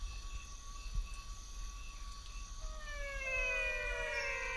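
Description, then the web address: Menwig frog calls: after a quiet start with a steady hum, overlapping downward-sliding whines begin and continue to the end. "Physalaemus albonotatus"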